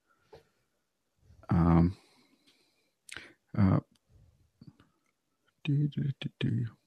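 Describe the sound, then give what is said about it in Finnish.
A few sharp, dry mouse clicks, clicking forward through pages, land at irregular intervals, mixed in with short bursts of low, mumbled voice between them. “Ja kun tuossa mitä katsoin, niin Adobe oli tehnyt kaikkea tuota, ai niin joo, tähän pitää kliksutella tätä eteenpäin.”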